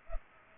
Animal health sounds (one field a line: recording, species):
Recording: mosquito wingbeat signal from an infrared sensor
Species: Culex pipiens